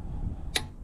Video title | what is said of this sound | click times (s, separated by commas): JL/JT ECODIESEL OIL CHANGE | you go did you hear that click | 0.6 s